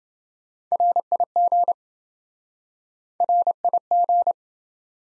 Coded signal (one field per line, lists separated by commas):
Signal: Morse code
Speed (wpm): 26 wpm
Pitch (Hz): 700 Hz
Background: none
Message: RIG RIG